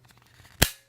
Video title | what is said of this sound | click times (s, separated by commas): Sideclick Unboxing, Setup and Review | And you hear the click there. There you go. There's the click. | 0.6 s